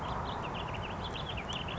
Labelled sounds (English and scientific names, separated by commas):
House Finch (Haemorhous mexicanus)